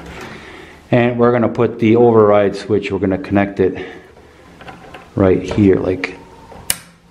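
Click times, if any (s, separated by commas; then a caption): 6.7 s. Someone talks while the override switch's phone-wire (modular) plug is pushed into its jack on a Ladies First automatic chicken coop door unit. A sharp snap at 6.7 s marks the plug seating in the jack.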